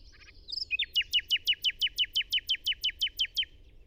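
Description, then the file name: Common nightingale song: a short whistled introduction, then many loud, identical sharp notes repeated very evenly and rapidly. "Luscinia megarhynchos"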